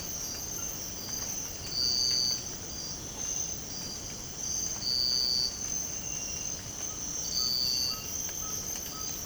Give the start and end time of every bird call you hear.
[6.88, 9.26] bird call

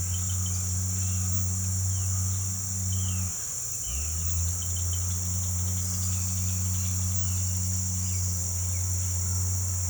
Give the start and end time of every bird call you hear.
[0.08, 0.56] bird call
[2.89, 3.22] bird call
[3.79, 4.12] bird call
[4.58, 5.03] bird call
[7.13, 7.25] bird call
[7.97, 8.22] bird call
[8.66, 8.85] bird call

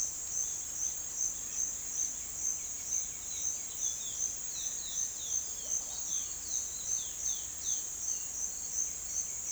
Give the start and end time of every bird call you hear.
[0.43, 8.39] bird call
[8.67, 9.51] bird call

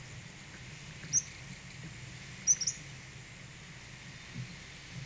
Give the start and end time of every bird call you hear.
[1.02, 2.79] bird call

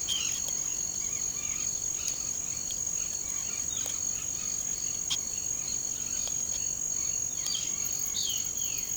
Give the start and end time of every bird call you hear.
[0.88, 3.61] bird call
[7.37, 8.96] bird call

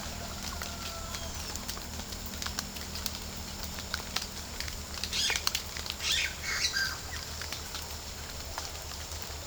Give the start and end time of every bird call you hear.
[0.99, 1.58] bird call
[5.05, 6.98] bird call

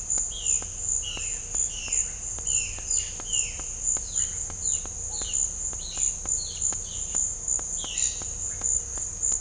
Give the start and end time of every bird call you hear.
[0.27, 5.38] bird call
[5.80, 7.15] bird call
[7.71, 8.30] bird call

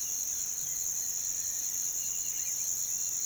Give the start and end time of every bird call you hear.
[2.02, 3.25] bird call

